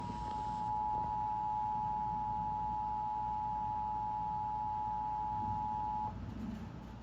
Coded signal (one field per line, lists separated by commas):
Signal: Emergency Alert System (SAME) tones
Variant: 853 and 960 Hz attention tone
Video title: (EAS #512) Severe Thunderstorm Warning for Rock, Wisconsin